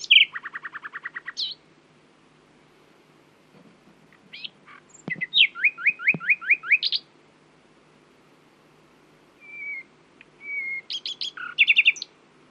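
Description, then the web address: Common nightingale song: a quick repeated trill, scattered sharp notes, a run of rising whistles, soft drawn-out whistles, then a closing burst of varied notes. "owen Common Nightingale (Luscinia megarhynchos)"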